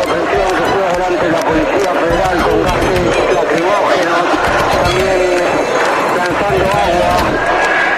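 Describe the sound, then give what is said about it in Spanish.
Mounted police horses' hooves clatter in quick, uneven beats as they chase a running crowd of protesters toward Avenida de Mayo at the Congress, amid loud, churning running footsteps and shouting voices, the commotion continuous and dense throughout. “Va corriendo hacia la Avenida de Mayo y atrás corren los efectivos de la policía montada, corriendo detrás de la gente y se siguen escuchando tiros.”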